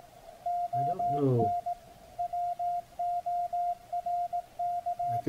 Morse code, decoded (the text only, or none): ON WORK